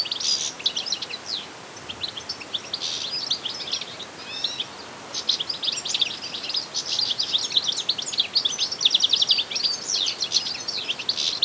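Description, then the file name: European goldfinch twittering, a dense run of quick high tinkling and buzzy notes that pauses briefly then resumes, over a steady hiss of background noise. "Carduelis carduelis"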